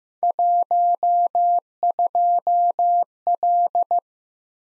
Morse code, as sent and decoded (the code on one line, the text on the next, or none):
.---- ..--- .-..
12L